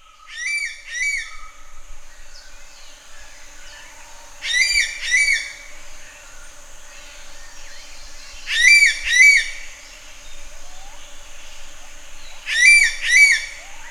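Common green magpie calls: loud, shrill notes given in close pairs, each pair repeated roughly every four seconds over a faint steady hum.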